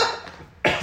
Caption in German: Habe ich mich voll verschluckt. Ich huste auch.